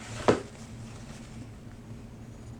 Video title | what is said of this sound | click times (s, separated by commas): "i Sharpened A Shear That The Previous Sharpener Made 3 Mistakes But I Made One Too" @BonikaShears | when I get in here I'll hear it click okay | 0.3 s